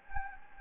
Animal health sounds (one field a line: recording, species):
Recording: mosquito wingbeat signal from an infrared sensor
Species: Anopheles gambiae